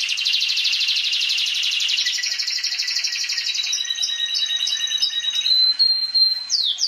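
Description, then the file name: Canary delivering a fast buzzy roll that thins into a level trill and clipped, repeated high notes. Kenari trio masteran, a training recording for teaching songbirds. "kenari trio masteran omkicau"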